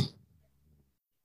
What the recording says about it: With nasal snoring, their lips are still together, and they snore through their nose. I did that with my lips closed it sounds more like a purr when you're nasal snoring, but it's still a snore.